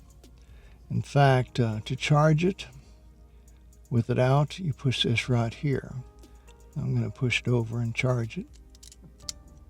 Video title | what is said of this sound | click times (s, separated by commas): Canon AE-1 Program Vlog Tour - Vlog #032 | You heard it click into place. | 9.3 s